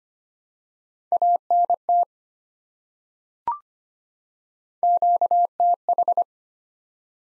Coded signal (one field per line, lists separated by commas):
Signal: Morse code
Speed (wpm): 25 wpm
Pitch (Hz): 700 Hz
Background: none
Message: ANT QTH